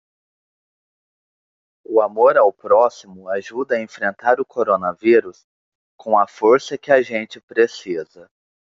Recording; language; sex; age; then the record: spoken sentence; Brazilian Portuguese; male; 20 to 29 years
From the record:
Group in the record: control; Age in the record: 28 years